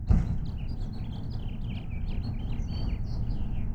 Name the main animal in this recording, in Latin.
Haemorhous mexicanus